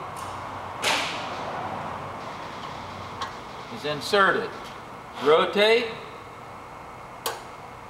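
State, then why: Seated. A change key is inserted into the back of a Sargent & Greenleaf safe combination lock and rotated into the change position. Someone talks in the middle of the clip, and there are a few soft scrapes and knocks. A sharp little click at 7.3 s marks the key seating in position.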